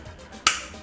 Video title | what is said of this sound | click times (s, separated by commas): Service your Ford Territory at home! - Diesel V6 oil and filter change guide. Fuel, oil and air | and snaps in just like that. | 0.5 s